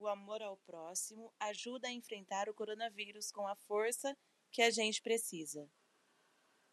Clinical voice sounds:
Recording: spoken sentence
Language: Brazilian Portuguese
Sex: female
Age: 30 to 39 years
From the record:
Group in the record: control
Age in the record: 38 years

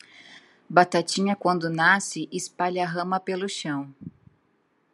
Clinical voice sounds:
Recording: short text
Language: Brazilian Portuguese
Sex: female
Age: 30 to 39 years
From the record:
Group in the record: control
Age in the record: 34 years

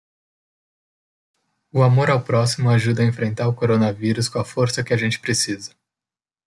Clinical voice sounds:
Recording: spoken sentence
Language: Brazilian Portuguese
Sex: male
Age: 20 to 29 years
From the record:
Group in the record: control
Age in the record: 24 years

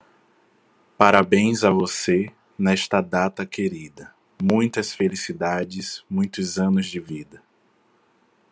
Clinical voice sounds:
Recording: short text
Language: Brazilian Portuguese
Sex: male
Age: 20 to 29 years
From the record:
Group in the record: control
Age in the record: 27 years

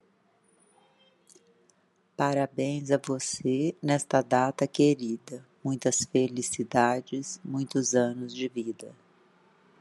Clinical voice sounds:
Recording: short text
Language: Brazilian Portuguese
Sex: female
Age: 50 to 59 years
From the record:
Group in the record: control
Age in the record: 51 years

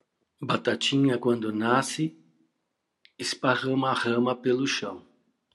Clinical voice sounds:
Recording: short text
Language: Brazilian Portuguese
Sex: male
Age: 50 to 59 years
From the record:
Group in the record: control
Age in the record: 57 years

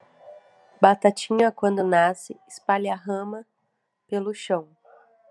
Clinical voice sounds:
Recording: short text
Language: Brazilian Portuguese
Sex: female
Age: 20 to 29 years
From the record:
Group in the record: control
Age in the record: 26 years

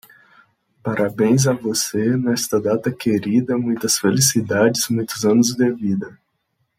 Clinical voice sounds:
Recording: short text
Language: Brazilian Portuguese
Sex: male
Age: 20 to 29 years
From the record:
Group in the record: control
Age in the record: 26 years

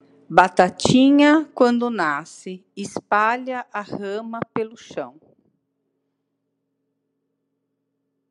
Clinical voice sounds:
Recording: short text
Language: Brazilian Portuguese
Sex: female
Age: 60 to 69 years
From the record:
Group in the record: control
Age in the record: 64 years

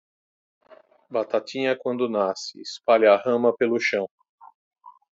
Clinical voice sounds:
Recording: short text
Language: Brazilian Portuguese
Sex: male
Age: 50 to 59 years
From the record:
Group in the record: control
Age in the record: 53 years

